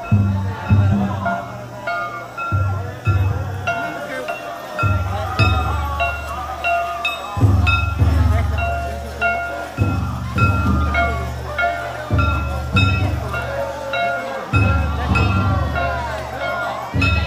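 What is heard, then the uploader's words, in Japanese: A Shinto festival ritual in Japan, with heavy low drum beats falling in uneven bursts every second or two. Over them run steady high piping tones and bright clinking accents, with voices and crowd chatter mixed throughout. 夏の耳 西海祭り2023。Japanese Shinto ritual 石川県羽咋郡志賀町西海風無地区・風戸地区の祭り。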